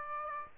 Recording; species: mosquito wingbeat signal from an infrared sensor; Aedes aegypti